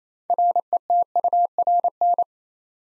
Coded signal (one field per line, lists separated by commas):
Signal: Morse code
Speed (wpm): 29 wpm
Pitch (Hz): 700 Hz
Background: none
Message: RETURN